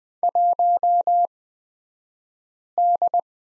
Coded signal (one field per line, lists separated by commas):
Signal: Morse code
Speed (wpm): 20 wpm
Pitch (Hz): 700 Hz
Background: none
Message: 1D